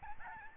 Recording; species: mosquito wingbeat signal from an infrared sensor; Aedes albopictus